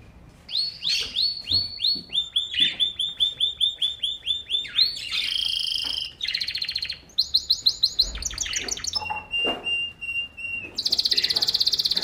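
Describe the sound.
Bird singing a varied phrase sequence: falling slurred whistles repeated several times, buzzy bursts, a level whistled note and a closing high rasping trill.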